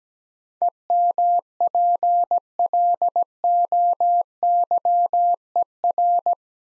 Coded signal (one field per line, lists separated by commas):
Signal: Morse code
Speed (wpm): 17 wpm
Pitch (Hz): 700 Hz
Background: none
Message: EMPLOYER